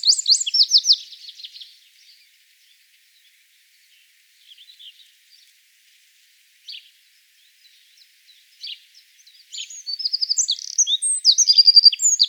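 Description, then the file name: Eurasian wren song: a loud, fast, high trilling burst at the start, a quiet stretch with scattered faint notes, then another rapid rattling phrase at the end. "zaunkoenig gesang nabu lars lachmann"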